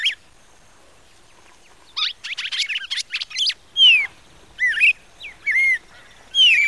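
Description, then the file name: Red-crested cardinal song: a single note, then nearly two quiet seconds, then a rapid burst of chattering notes followed by clear whistled phrases that slur downward, each under half a second long. "canto do cardeal"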